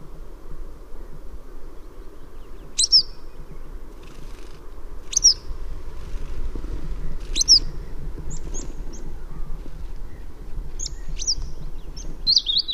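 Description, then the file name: Western yellow wagtail giving sharp, high, slurred calls at irregular intervals, several in all, over a steady low rumble. "Cutrettola"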